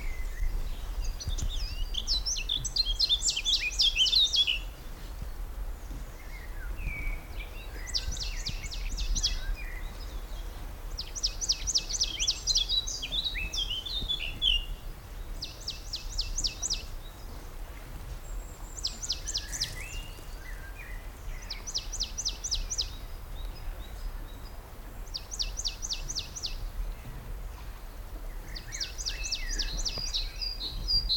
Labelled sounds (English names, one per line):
Great Tit